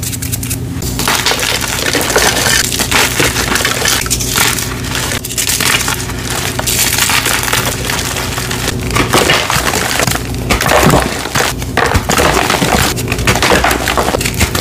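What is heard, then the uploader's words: Dyed gym chalk bombs filled with soap flakes crumble and crunch steadily, a dense gritty crackle with brief pauses near one, five and nine seconds. Zote Overload! Gym Chalk ASMR Bombs, Dyed Chalk, Reforms. An ASMR crushing compilation of Zote soap flakes filled gym chalk bombs, dyed gym chalk, and Zote gym chalk reforms.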